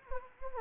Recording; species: mosquito wingbeat signal from an infrared sensor; Anopheles gambiae